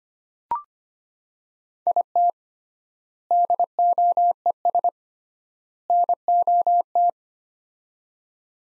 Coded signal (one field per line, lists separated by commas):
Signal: Morse code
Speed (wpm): 25 wpm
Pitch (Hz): 700 Hz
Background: none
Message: IT DOES NOT